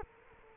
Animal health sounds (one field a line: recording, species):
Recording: mosquito wingbeat signal from an infrared sensor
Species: Culex quinquefasciatus